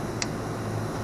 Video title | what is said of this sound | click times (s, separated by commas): 04 F150 4.6 liter spark plug removal and replacement | listen for that click sound | 0.2 s